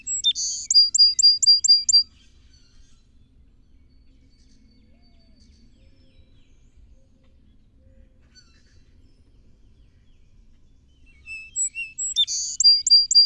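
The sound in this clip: Song sparrow giving two songs, each with a buzzy opening and a rapid trill of sharp high notes, separated by roughly nine seconds of quiet.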